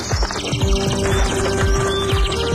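Birds chirping in a busy, continuous chorus of high tweets, layered over a steady low hum and a few soft, repeated low thumps, with no one speaking.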